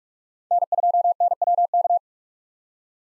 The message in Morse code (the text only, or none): N2NWK